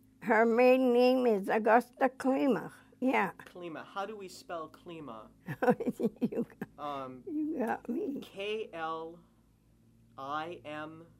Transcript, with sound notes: her maiden name is Augusta Klimach, yeah.
Klimach. How do we spell Klimach?
(she laughs) You got me.
(reading the document) K-L-I-M...